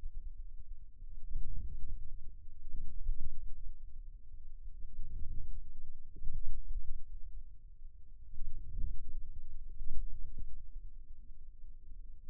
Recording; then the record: forearm muscle sounds (acoustic myography)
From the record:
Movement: outward rotation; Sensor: system 2, bracelet of six BSWA MPA416 microphones around the upper forearm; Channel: 2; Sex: male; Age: 22 years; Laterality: right